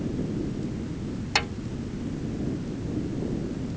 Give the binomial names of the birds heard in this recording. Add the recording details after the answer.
none. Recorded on Arctic tundra, site ZACK-1, on 15 June 2019. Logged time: 19:49